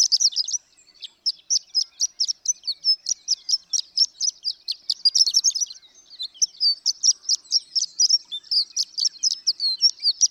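Horned lark song starting with a quick burst of notes. After a brief gap comes a long, even series of high, tinkling chirps and twitters.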